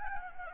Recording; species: mosquito wingbeat signal from an infrared sensor; Anopheles gambiae